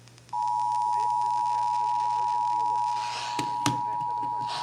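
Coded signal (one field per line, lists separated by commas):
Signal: Emergency Alert System (SAME) tones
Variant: 853 and 960 Hz attention tone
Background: speech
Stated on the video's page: Texas required monthly test EAS tones heard on multiple radio and TV stations including WBAP AM and FM.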